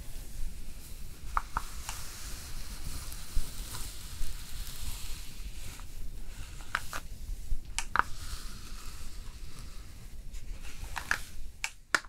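Hair styling with brushing and a steam curler: a steady low rumble and a soft hiss run throughout. Brief bright clicks and snaps land irregularly, roughly every second or two, with a cluster near the end, alongside faint scratchy brush strokes.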